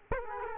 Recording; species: mosquito wingbeat signal from an infrared sensor; Culex quinquefasciatus